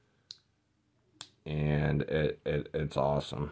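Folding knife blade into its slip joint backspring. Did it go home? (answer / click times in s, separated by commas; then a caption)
yes / 0.3 s, 1.2 s. The blade of a traditional French-made Douk Douk slip joint pocket knife is worked, and its steel backspring snaps it into its detent with two sharp, brief clicks at 0.3 s and 1.2 s. Someone then talks from about 1.5 s to the end. The blade is seated in position by the backspring.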